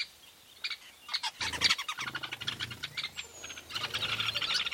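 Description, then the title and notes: Weavers chattering, a dense burst of harsh high notes building into continuous busy chatter from several birds. Recorded at a large weaver nest in Etosha National Park, Namibia. "Secret Life Of A Weaver Nest. a large Weaver nest in Etosha NP, Namibia"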